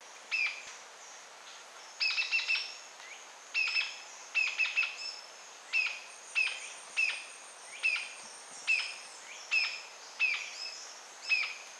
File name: Green tailed jacamar